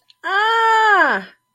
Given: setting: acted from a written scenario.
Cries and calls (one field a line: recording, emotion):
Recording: vocal sound without words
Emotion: pain